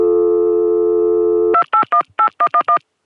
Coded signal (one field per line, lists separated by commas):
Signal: DTMF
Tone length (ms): 90 ms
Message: 2818111